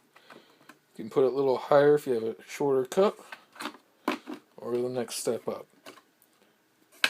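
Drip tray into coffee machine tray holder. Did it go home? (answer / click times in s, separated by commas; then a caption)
yes / 7.0 s. Someone talks while the plastic drip tray (cup rest) of a Nescafe Dolce Gusto Piccolo capsule coffee machine is moved up to the next height step for a shorter cup, with a few faint ticks along the way. At 7.0 s the tray snaps into its holder with a sharp click, and it is seated solid rather than loose.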